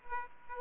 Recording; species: mosquito wingbeat signal from an infrared sensor; Aedes aegypti